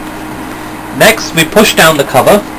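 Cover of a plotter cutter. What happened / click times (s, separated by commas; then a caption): Handled, not yet home: the cover has not clicked into place / none. Someone talks while the cover of an ETC CR630 vinyl plotter cutter is pushed down, over a steady low background hum. The clip ends before the cover goes home, so nothing has clicked into place yet.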